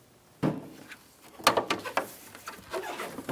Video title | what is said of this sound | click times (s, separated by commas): How to Replace Hood Release Handle With Cable 1988-1999 GMC K1500 | up push it into place it should clip in | 1.5 s